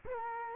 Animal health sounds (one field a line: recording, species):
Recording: mosquito wingbeat signal from an infrared sensor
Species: Culex quinquefasciatus